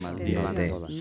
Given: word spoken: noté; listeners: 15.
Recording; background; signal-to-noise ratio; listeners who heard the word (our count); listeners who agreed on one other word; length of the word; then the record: one Spanish word in noise, from a listening test; four-talker babble; -0.4 dB; 0 of 15; 11 of 15; 0.61 s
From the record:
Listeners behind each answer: 11, 1, 1, 1, 1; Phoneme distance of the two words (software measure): 20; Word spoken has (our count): 2 syllables, 4 phonemes, stress on syllable 2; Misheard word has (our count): 2 syllables, 4 phonemes, stress on syllable 2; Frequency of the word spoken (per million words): 4.41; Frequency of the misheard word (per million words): 2.04